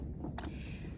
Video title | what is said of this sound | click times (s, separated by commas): CADD Pump Training Video | and make sure that we lock it with our key. | 0.4 s